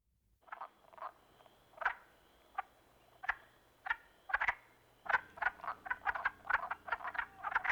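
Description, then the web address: Wood frog croaks, short raspy clucks starting sparse and spaced, then quickening into a rapid overlapping series in the last few seconds, with a low background hum. "Dan Gibson Wildlife Identification By Sound, Eastern North America Pt 1. Wood Frog"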